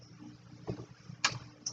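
During setup of an Aquatic Life Smart Buddie booster pump, a plastic retainer clip is snapped onto a push-fit tube fitting of an RO system after the tube is pulled back. Over a low steady hum and a soft knock near 0.7 s, sharp clicks sound at 1.3 s and 1.7 s. The clip is seated and set in place.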